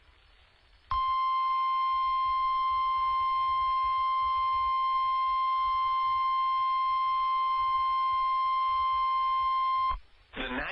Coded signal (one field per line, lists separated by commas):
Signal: Emergency Alert System (SAME) tones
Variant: 1050 Hz attention tone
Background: speech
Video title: Special Marine Warning - 08/03/23 (EAS #2,829)